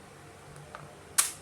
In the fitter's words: Nah, kayak gitu berarti itu udah cukup masuk. Tapi kan ini belum ngunci ya. Belum ngunci benar.